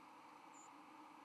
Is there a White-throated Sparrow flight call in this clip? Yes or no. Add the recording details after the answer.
no. Another species' flight call is heard. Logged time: 06:23 on 13 November 2014